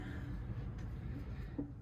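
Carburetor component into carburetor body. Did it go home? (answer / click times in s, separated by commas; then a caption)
no / none. A carburetor part is flipped over and pressed into the metal carburetor body during reassembly, against a low steady background rumble. A single faint knock comes at about 1.6 seconds, but the part has not seated yet.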